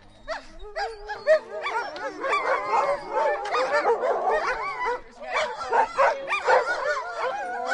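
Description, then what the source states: Dogs barking and yelping together, a dense chorus of high yips and whining barks that swells, dips briefly, then picks up again. Several dogs barking.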